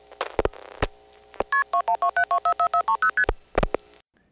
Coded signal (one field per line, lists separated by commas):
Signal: multi-frequency trunk signalling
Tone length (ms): 90 ms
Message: KP2127244430ST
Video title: Dialing Those Mysterious "1xx" and "0xx" Codes, 1974-1980